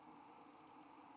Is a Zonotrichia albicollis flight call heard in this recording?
no